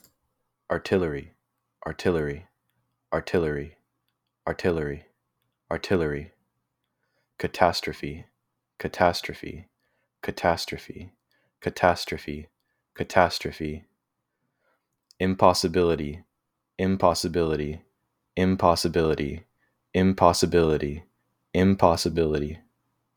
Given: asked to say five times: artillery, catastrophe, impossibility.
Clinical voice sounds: three words, each repeated; male; 20 to 29 years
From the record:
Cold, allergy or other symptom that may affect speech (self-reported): no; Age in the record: 23 years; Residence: Washington, United States

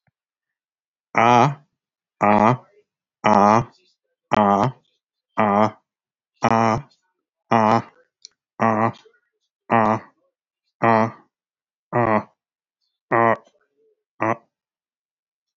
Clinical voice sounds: vowel held as long as possible; male; 60 to 69 years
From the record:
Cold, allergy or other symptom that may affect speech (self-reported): no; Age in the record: 63 years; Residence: North Carolina, United States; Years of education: 16

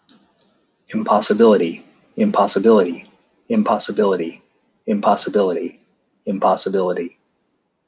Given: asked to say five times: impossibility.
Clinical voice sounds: repeated word; male; 30 to 39 years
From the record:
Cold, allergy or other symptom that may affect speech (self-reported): no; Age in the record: 35 years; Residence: Washington, United States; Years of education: 17

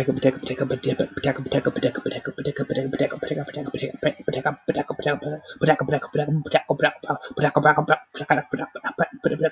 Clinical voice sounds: repeated syllables /pa ta ka/; male; 20 to 29 years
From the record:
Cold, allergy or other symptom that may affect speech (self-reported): no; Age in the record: 25 years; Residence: Florida, United States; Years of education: 16

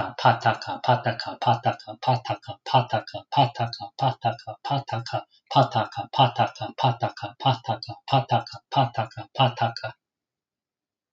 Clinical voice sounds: repeated syllables /pa ta ka/; male; 30 to 39 years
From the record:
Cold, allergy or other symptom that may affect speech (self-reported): no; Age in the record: 39 years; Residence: New Jersey, United States

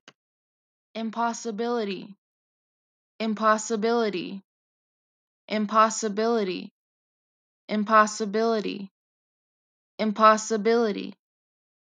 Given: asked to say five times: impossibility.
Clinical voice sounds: repeated word; female; 20 to 29 years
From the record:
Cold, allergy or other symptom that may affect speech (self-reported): no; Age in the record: 22 years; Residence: California, United States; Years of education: 16

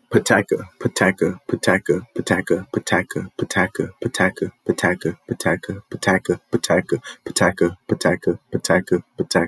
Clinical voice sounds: repeated syllables /pa ta ka/; male; 30 to 39 years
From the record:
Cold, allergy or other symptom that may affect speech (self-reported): no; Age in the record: 32 years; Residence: New Mexico, United States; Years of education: 13

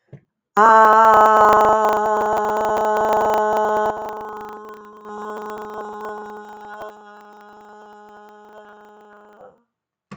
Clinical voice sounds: vowel held as long as possible; female; 50 to 59 years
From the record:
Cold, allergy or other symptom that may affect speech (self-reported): no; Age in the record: 55 years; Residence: Delaware, United States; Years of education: 16

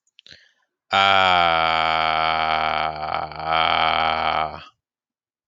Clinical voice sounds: vowel held as long as possible; male; 20 to 29 years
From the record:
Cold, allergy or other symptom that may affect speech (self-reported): no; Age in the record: 26 years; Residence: Maryland, United States

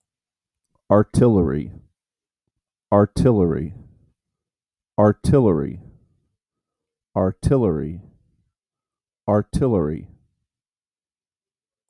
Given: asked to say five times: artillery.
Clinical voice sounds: repeated word; male; 40 to 49 years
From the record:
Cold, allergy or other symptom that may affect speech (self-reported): no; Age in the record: 45 years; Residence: Iowa, United States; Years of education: 12

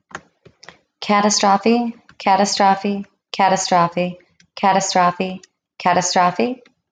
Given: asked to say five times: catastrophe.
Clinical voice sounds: repeated word; female; 30 to 39 years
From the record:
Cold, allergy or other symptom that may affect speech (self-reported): no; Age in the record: 32 years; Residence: Nevada, United States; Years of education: 16

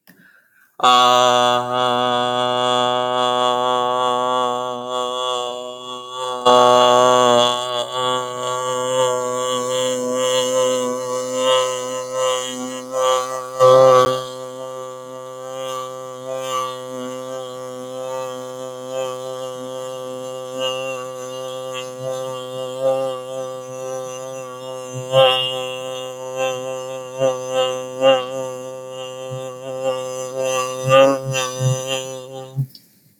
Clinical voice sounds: vowel held as long as possible; male; 20 to 29 years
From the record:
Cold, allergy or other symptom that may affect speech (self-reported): no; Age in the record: 20 years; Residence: California, United States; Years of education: 14

